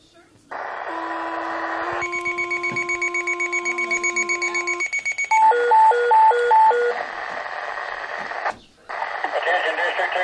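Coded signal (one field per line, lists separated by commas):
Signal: two-tone page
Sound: steady tones, rapid beeps, then a high-low warbling alert, followed by radio voice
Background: radio static, speech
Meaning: Alert tones calling fire District 2 personnel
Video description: HT1000 radio and pager going off for a meeting.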